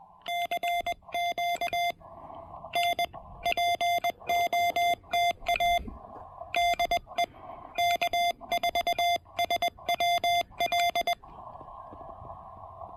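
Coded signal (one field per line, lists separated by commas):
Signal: Morse code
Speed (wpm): 20 wpm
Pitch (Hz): 690 Hz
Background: none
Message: CQ N POTA DE K4SWL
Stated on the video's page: QRP park activation using a TEC-TEC R4020 with a cannibalized 40m EFHW antenna, on 20 and 40 meters.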